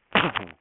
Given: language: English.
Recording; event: throat vibration sensor signal played as sound; cough